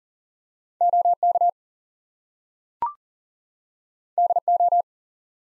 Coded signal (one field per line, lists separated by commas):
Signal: Morse code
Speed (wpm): 40 wpm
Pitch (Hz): 700 Hz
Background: none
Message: OK DO